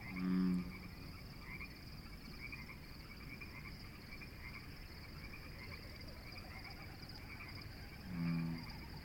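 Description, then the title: Frog gives two low, droning croaks about eight seconds apart over a faint steady insect hum. Frogs calling at dusk on the border of a seasonal snowmelt marsh sanctuary, Conboy Lake National Wildlife Refuge, Pacific Northwest; insects also active. "Evening-Dusk At Conboy Lake National Wildlife Refuge"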